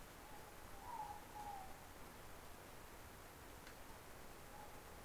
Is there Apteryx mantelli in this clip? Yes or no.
no